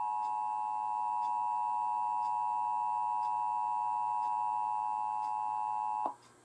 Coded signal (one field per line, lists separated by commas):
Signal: Emergency Alert System (SAME) tones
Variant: 853 and 960 Hz attention tone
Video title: Emergency Alert System - National Periodic Test (10/4/2023)